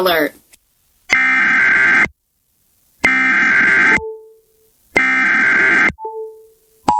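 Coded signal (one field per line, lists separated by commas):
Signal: Emergency Alert System (SAME) tones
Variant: header bursts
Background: speech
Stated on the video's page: EAS alert for a 911 outage in Michigan as broadcast on an FM station, screen-recorded on an iPhone.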